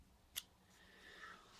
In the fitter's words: Arkadaşlar şu anda yerine oturuyor bu şekilde